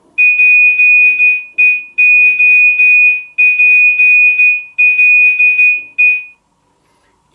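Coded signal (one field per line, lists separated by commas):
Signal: Morse code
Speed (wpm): 12 wpm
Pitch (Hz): 2450 Hz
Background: none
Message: PEOPLE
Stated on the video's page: Original ringtone of a Nokia 1110i phone.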